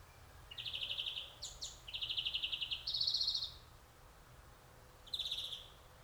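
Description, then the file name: European greenfinch: rattling trilled twitters in a run of connected bursts, a short pause, then one more trill. "Chloris chloris"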